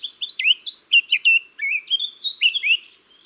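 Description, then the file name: Eurasian blackcap singing a continuous rich warble of quick slurred notes. "Sylvia atricapilla"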